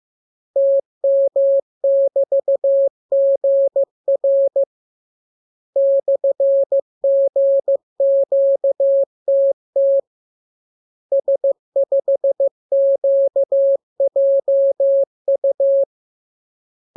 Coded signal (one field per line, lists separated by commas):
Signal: Morse code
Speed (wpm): 15 wpm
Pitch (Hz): 550 Hz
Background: none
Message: TM<BT>GR /GQTT S5QJU